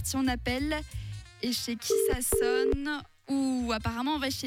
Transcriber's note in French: Le téléphone sonne